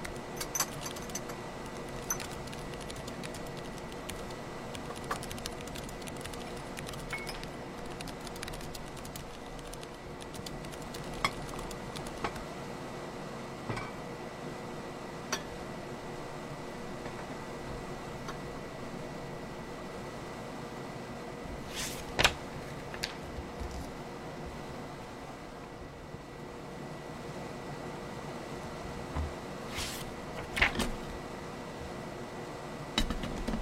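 Handwriting and typing over a steady low hum, with soft scratchy strokes running throughout. Sharper clicks and rustles stand out now and then, strongest around 22, 30 and 33 seconds, like pages being flipped. A faint constant whine sits underneath.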